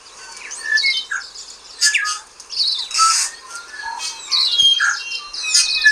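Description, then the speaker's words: Bellbird song: a busy mix of clear chiming notes, short whistles and chirps, overlapping in bursts. Native bird of Aotearoa New Zealand, heard on waking in the country or bush, less often in town. "And one of them is the bellbird. And the bellbird sounds like this."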